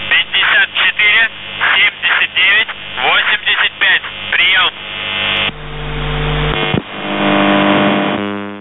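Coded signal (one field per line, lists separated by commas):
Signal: channel marker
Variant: UVB-76 (The Buzzer)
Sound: radio voice talking for about five seconds, then two long droning buzzes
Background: radio static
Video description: "The Buzzer" is a Russian military radiostation that broadcasts on 4625 kHz.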